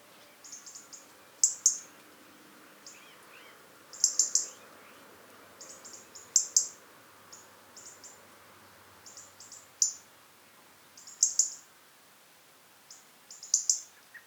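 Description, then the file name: European robin producing bursts of very high, squeaky calls roughly every two seconds, with faint softer chirps between them. "Erithacus rubecula"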